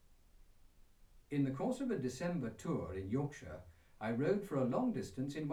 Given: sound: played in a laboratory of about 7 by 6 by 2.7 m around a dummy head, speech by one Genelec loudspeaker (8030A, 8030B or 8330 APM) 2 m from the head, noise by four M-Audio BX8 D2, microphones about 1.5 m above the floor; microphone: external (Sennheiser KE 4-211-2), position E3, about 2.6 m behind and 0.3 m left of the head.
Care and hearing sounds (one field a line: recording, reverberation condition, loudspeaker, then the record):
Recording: male speech in English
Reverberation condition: low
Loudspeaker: 30 degrees to the left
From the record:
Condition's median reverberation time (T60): about 310 ms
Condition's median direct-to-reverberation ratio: about 3.5 dB